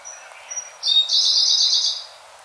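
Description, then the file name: Siberian blue robin song: two thin high notes, then a loud fast rattling trill lasting about a second before fading. "koruri"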